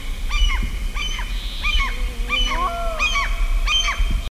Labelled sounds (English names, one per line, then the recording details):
Black-throated Loon call
Common Gull
Common Greenshank
Brambling
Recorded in the wild
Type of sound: call
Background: Larus canus, Tringa nebularia, Fringilla montifringilla
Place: Halbinsel Kindo, Karelien, RU
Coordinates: 66.5428, 33.0481
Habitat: lake
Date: 1994-06-24
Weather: cloudy, 15°C
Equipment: Sony TCD-D3, Sennheiser ME 80, K 30 AV (I), Windschutz
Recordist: Frommolt, Karl-Heinz
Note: Verchnoje Erschowskoje Ozero (Nordteil): 1 Ruf eines Tieres, zweites war anwesend, daneben Sturmmöwe (Einzeltier). Entfernung 30 m, Tiere gesehen